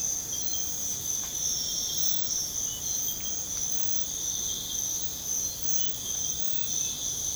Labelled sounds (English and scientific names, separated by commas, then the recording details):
none
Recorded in secondary vegetation near Puerto Asís, Putumayo, Colombia, on 21 February 2024 at 05:00
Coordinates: 0.472, -76.331
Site G6371